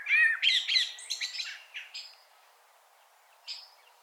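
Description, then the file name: Common blackbird song, a brief warbled phrase with shrill twittering notes, then quiet and one more high thin note. "Turdus merula"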